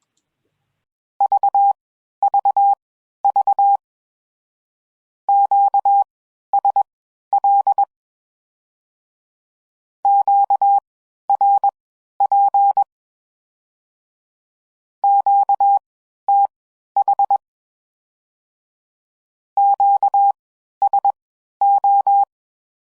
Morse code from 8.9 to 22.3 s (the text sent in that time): QRP QTH QSO